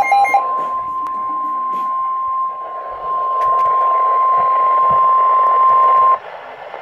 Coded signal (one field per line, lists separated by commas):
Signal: Emergency Alert System (SAME) tones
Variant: 1050 Hz attention tone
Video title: NOAA - Flood Warning (EAS #1,527)